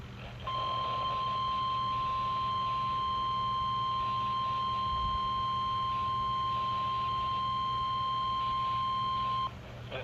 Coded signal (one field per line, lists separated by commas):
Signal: Emergency Alert System (SAME) tones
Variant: 1050 Hz attention tone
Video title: On the Water… || EAS Alerts from 7/6/22 || EAS 778-789